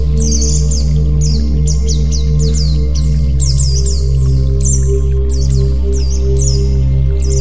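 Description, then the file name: White-eye song of short, high, falling whistled phrases in clusters, with a constant low mechanical hum behind. "pleci"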